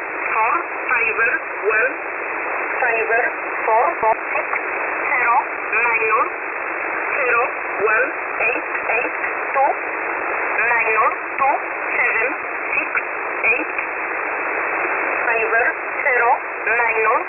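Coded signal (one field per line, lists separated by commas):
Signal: numbers station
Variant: E11 Oblique, English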